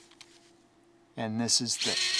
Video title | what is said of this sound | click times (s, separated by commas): Panasonic EXENA electric screwdriver compared. Makita bitpeace test in these JDM (JIS) 13mm chucks. | an E6 bit does lock | 0.2 s